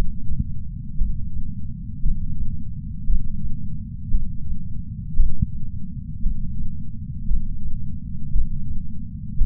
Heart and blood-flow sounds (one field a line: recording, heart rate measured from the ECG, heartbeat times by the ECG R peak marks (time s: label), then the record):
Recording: heart sounds by patch sensor on the chest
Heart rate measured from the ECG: 57 bpm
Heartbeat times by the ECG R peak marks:
0.98 s: heartbeat
2.02 s: heartbeat
3.06 s: heartbeat
4.11 s: heartbeat
5.16 s: heartbeat
6.22 s: heartbeat
7.27 s: heartbeat
8.32 s: heartbeat
9.38 s: heartbeat
From the record:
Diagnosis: coronary artery disease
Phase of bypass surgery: intraoperative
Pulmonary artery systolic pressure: 30 mmHg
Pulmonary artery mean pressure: 21 mmHg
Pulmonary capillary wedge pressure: 19 mmHg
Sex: male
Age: 57 years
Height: 183 cm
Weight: 85 kg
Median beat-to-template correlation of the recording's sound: 0.88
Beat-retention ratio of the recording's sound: 1.00